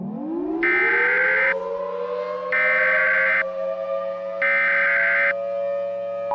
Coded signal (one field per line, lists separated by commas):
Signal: Emergency Alert System (SAME) tones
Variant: header bursts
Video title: *VALID TONES* Illinois Landspout Of 5/28/20 (EAS Remake)